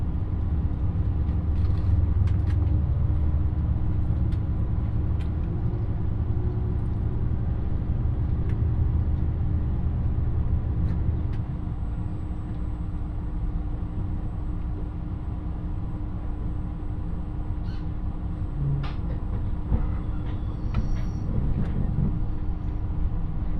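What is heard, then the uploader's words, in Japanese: A ride aboard the Dosan Line limited express Nanpu 26, travelling from Awa-Ikeda toward Tadotsu. A steady low rumble of the train carries through, heavier in the first half and then easing, with a constant hum and scattered clicks and taps throughout. 土讃線特急南風26号 阿波池田→多度津。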